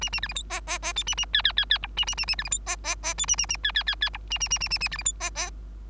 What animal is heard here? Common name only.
Bengalese Finch